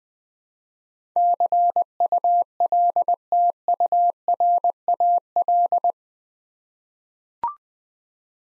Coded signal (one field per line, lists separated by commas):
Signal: Morse code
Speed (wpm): 20 wpm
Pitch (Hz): 700 Hz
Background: none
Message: CULTURAL